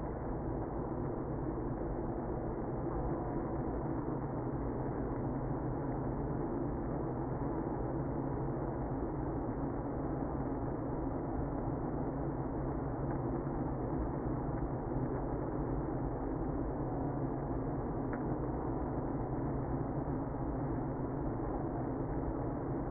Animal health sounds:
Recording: honeybee colony, microphone inside the hive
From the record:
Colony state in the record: queenless (queen removed)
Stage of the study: after two queens were removed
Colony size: about 60,000 bees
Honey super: yes

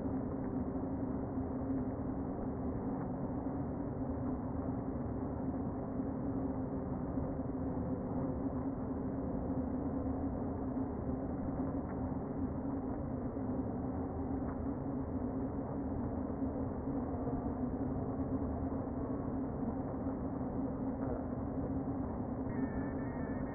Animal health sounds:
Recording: honeybee colony, microphone inside the hive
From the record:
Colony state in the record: queen present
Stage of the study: before two queens were removed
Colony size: about 60,000 bees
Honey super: yes

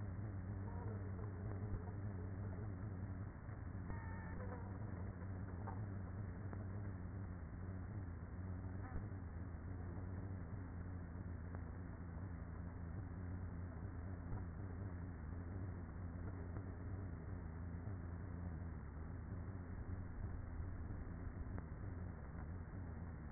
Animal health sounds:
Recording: honeybee colony, microphone inside the hive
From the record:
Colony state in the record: queenless with a low population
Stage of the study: after two queens were removed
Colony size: about 30,000 bees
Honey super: no

